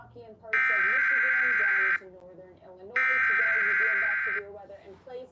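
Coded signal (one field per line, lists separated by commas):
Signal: Emergency Alert System (SAME) tones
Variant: header bursts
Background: speech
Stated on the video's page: Weekly test tones received over a live stream.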